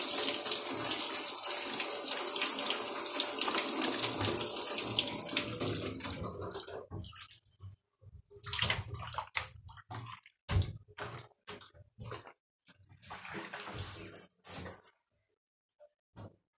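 Water runs loud and steady for about six seconds, then stops, leaving scattered splashes, sloshing and short bursts of water until the end.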